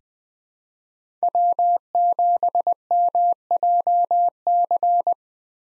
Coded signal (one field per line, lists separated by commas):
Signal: Morse code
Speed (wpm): 21 wpm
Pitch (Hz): 700 Hz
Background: none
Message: W7MJC